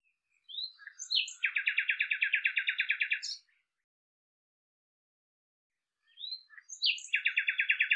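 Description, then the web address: Common nightingale song: a few rising notes open into a rapid rattling trill of repeated notes lasting about two seconds; after a pause, the same phrase begins again. "cianscape birddata Deverinetal 2025"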